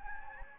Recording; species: mosquito wingbeat signal from an infrared sensor; Anopheles gambiae